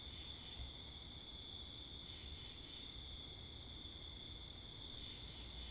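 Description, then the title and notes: Continuous cricket trilling, swelling slightly in a few short bursts, accompanied by a low steady wash of wind and passing vehicles. Wakefield, Rhode Island; 10 October 2021 at 11:35pm, night; mics facing northeast; two Rode NTG-3 shotgun mics on a Sound Devices MixPre 10ii; with cars and wind. "Oct 10th 2021 11:35pm Wakefield, Rhode Island. Crickets, Cars, and Wind"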